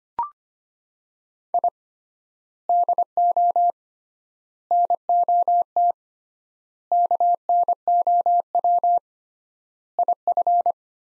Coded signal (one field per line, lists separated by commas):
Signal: Morse code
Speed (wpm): 25 wpm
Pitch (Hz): 700 Hz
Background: none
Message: I DO NOT KNOW IF